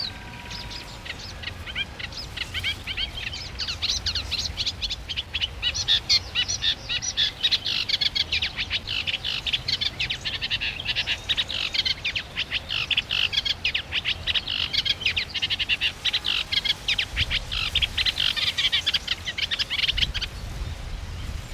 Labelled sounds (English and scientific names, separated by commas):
Eurasian Reed Warbler (Acrocephalus scirpaceus) song